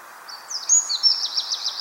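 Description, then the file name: Eurasian wren giving high, shrill swept notes that break into a fast string of repeated trill elements, against faint hiss. "Troglodytes troglodytes"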